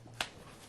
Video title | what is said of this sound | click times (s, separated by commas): earthTainer-chapter2.wmv | very simply you just take care of your fingers underneath there and kind of hold hold the cage down and pop it up you hear pop a little bit | 0.2 s